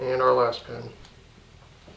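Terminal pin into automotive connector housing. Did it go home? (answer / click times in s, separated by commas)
no / none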